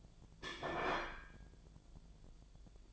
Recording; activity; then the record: daily activity, microphone in the room; place plate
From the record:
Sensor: 5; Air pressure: 1009.5 hPa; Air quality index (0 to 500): 169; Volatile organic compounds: 4 ppm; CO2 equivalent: 1642 ppm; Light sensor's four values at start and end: 99/263/107/114 and 99/263/107/114